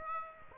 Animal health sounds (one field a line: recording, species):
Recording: mosquito wingbeat signal from an infrared sensor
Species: Aedes aegypti